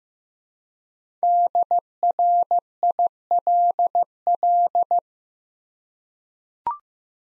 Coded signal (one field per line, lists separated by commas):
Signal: Morse code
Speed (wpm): 15 wpm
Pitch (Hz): 700 Hz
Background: none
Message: DRILL